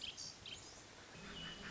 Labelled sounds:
Pacific Wren (Troglodytes pacificus)
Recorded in Sonoma County, California

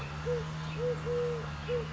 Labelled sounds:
Eurasian Collared Dove (Streptopelia decaocto)
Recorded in Sonoma County, California

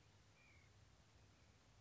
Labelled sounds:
White-breasted Nuthatch (Sitta carolinensis)
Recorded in Sonoma County, California

